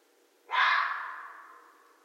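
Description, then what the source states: Red fox uttering a single loud, raspy call with a sudden onset and a trailing fade; faint constant hum beneath. Recorded 13 January 2012.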